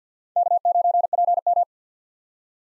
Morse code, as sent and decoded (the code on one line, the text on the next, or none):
-.- ----. .--. --
K9PM